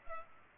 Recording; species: mosquito wingbeat signal from an infrared sensor; Culex pipiens